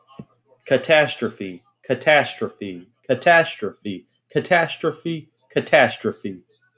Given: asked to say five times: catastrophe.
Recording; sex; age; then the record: repeated word; male; 20 to 29 years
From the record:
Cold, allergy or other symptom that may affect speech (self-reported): no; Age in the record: 29 years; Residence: Indiana, United States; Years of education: 13